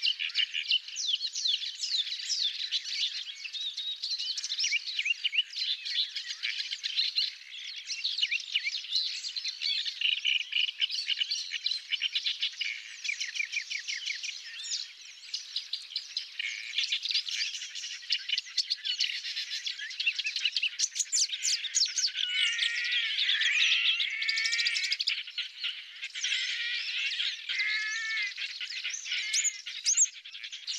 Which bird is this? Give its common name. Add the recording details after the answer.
Paddyfield Warbler. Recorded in the wild. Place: Tengiz, KZ. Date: 2000-05-13. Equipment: MiniDisc Sharp MT 20 H. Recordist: Schwarz, Dieter. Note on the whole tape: Song